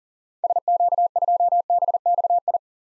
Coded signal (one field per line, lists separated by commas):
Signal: Morse code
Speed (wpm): 40 wpm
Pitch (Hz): 700 Hz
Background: none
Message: SQ2BXI